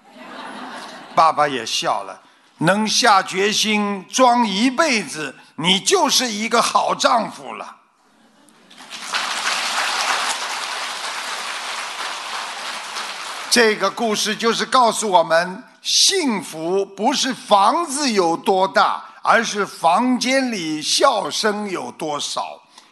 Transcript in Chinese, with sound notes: 爸爸也笑了：“能下决心装一辈子，你就是一个好丈夫。”（掌声）
这个故事就是告诉我们，幸福不是房子有多大，而是房间里笑声有多少